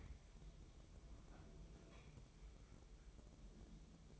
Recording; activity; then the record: daily activity, microphone in the room; open fridge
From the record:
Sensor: 1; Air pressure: 988.4 hPa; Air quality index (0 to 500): 200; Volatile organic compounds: 1000 ppm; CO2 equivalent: 5332 ppm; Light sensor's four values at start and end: 26/98/37/38 and 26/98/37/38